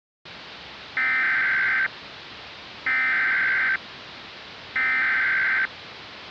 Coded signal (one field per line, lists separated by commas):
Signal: Emergency Alert System (SAME) tones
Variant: header bursts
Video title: EAS Scenario #1: Vapors.